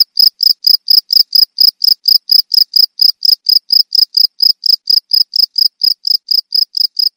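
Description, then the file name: Field cricket making regular, rapid high chirps. Cricket of rice fields. "jangkrik sawah"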